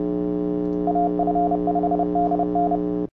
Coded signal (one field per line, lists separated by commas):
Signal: Morse code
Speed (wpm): 30 wpm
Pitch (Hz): 700 Hz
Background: none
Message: AF5DN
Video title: Tiger tail Counterpoise, Rat Tail, Lambarda, HAM Urban Legend - AF5DN